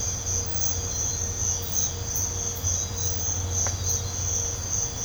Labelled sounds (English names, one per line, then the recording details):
none
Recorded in pastures near Puerto Asís, Putumayo, Colombia, on 21 December 2024 at 05:30
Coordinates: 0.502, -76.324
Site G077